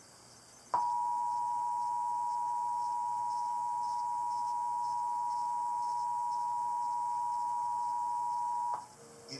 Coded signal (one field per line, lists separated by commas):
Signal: Emergency Alert System (SAME) tones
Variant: 853 and 960 Hz attention tone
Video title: (Fail) PBS Natinoal EAS Test